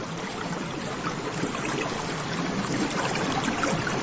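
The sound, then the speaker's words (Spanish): Water streams steadily over rocks, a continuous bubbling rush with a bright, hissing texture that stays even in loudness throughout, with no voices present. “Agua.”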